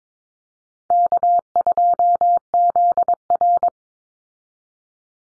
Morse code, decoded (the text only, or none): K2ZR